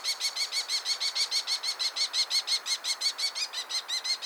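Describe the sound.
Kestrel calling, a continuous fast string of piercing high notes, steady throughout.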